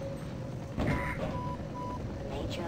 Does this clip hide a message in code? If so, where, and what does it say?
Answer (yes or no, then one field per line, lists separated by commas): no